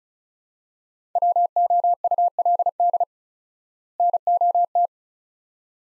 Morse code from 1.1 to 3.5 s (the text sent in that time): WOULD